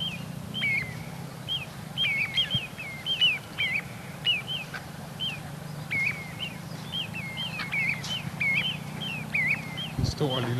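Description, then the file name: Little ringed plover giving repeated downslurred whistled calls, sometimes in quick runs of two or three, over a steady low hum, with a brief thump near the end. "Corriere Piccolo"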